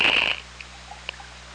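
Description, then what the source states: Killer whale pulsed call, one short buzzy burst lasting about a third of a second, followed by a few faint clicks over low steady underwater hum. OrcaLab hydrophone, 24 August 2017, 04:48:43.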